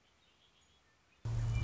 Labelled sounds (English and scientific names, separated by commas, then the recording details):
Red-winged Blackbird (Agelaius phoeniceus)
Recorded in Sonoma County, California